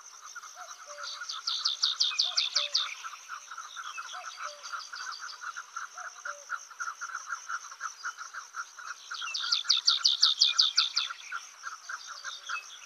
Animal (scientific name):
Emberiza stewarti